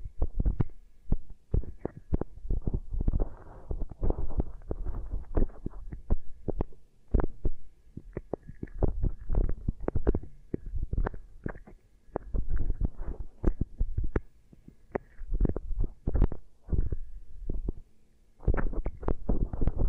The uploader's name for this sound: Really Nice Beeswax Ear Triggers